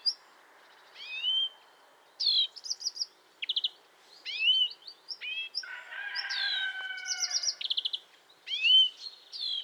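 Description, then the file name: European greenfinch twittering: chirps and short trills, then a harsher, longer buzzy note midway, followed by more rising tweets. "Chloris chloris"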